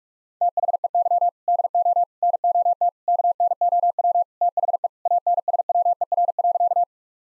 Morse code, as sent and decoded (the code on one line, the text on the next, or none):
- .... . -.-- / -.. --- / -. --- - / -.- -. --- .-- / - .... . / .- -. ... .-- . .-. .-.-.-
THEY DO NOT KNOW THE ANSWER.